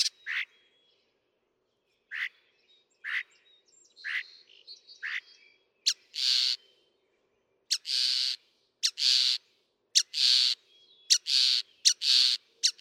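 Northern mockingbird song, scattered sharp notes followed by a string of harsh raspy bursts repeated about once a second, interspersed with brief chips.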